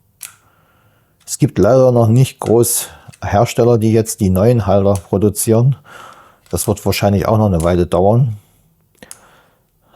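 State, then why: Seated. Someone talks while an older plastic quick-release mount, which no longer fits properly, is forced into the mount slot of a new Telesin cage on a DJI Osmo Action 6 action camera. Two quick click hits come at 9.0 s and 9.1 s as the mount snaps in with force and seats, though the fit is not ideal.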